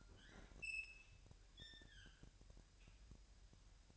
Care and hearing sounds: daily activity, microphone in the room; open fridge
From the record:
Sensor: 2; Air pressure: 1001.8 hPa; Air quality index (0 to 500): 246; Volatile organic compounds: 35 ppm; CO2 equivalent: 3062 ppm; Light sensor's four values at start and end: 8/28/11/10 and 8/28/11/10

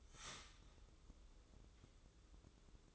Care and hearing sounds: daily activity, microphone in the room; start toaster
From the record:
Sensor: 3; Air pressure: 995.2 hPa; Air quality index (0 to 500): 75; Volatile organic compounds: 5 ppm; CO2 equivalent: 1764 ppm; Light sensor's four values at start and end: 18/55/23/20 and 18/55/23/20

